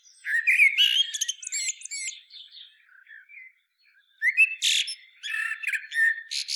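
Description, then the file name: Common blackbird pouring out a fast jumble of warbles and high squeaky twitters, fading to soft notes, then another energetic burst after a brief silence. "Turdus merula"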